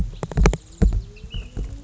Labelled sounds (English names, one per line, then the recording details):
Ash-throated Flycatcher
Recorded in Sonoma County, California